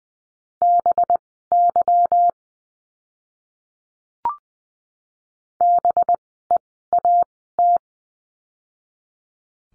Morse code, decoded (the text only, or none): BY BEAT